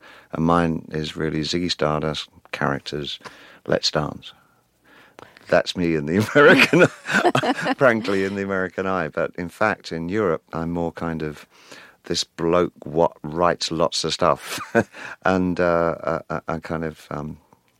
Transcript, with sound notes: And mine is really Ziggy Stardust, characters, "Let's Dance." That's me in the American...
(LAUGHTER)
...Frankly, in the American eye. But in fact, in Europe, I'm more kind of this bloke what writes lots of stuff. And I kind of